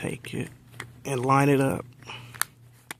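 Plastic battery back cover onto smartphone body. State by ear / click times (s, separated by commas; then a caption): seated / 2.4 s, 2.9 s. Someone talks while the plastic battery back cover of a Samsung Galaxy S4 smartphone is lined up and pressed down onto the phone body. Sharp clicks at 2.4 s and 2.9 s mark the cover snapping into place, and it is seated.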